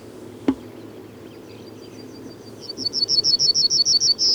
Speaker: Keltasirkku laulaa yleensä näkyvällä paikalla, usein metsän laidassa ja tien varressa.